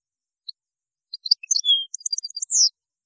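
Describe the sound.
European goldfinch song phrase, a quick jumble of high tinkling notes with a short drawn whistle, ending in a slurred descending note.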